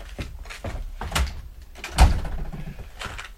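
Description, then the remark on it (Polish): A door is shut with a solid thump, preceded by a few lighter clatters and rattles of the handle and frame, then a faint rustling settles afterward. “Kochanie, mam coś dla ciebie, ale otwórz drzwi.”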